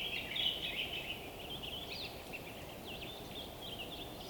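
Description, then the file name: Bird twittering, brightest in the first second, then scattered thin chirps and short trills over constant low rushing noise. Winter forest by day, frozen wood, North Laurentian Woods, Canada. "WINTER Forest day blissful bird song resonating through the frozen wood North Laurentian Woods Canada LOOPLR"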